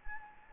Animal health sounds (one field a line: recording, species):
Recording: mosquito wingbeat signal from an infrared sensor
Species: Anopheles gambiae